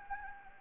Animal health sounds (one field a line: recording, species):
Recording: mosquito wingbeat signal from an infrared sensor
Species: Anopheles gambiae